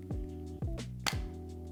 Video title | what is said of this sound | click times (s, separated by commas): EVERY Peak Design Case for iPhone 16 Pro! | so the case fits nice and snug and goes in with a satisfying click | 1.1 s